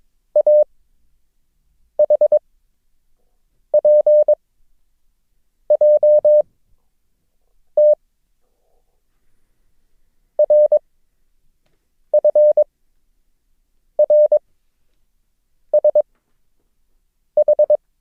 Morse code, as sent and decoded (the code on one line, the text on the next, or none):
.- .... .--. .--- - / .-. ..-. .-. ... ....
AHPJT RFRSH